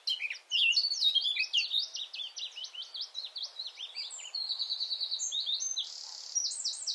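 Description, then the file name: Eurasian blackcap singing a fast, scratchy warble of high notes, ending in a few buzzier, more drawn-out sounds. "Sylvia atricapilla"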